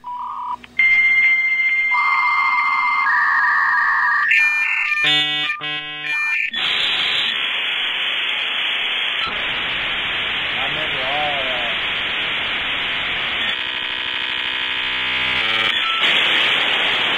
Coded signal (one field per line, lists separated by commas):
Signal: dial-up modem handshake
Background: speech